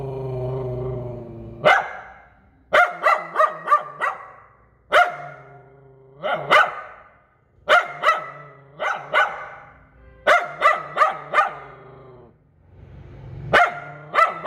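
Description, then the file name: Poodle starting with a drawn-out whine, then breaking into bursts of one to several shrill barks with brief gaps. "Tieng cho poodle sua"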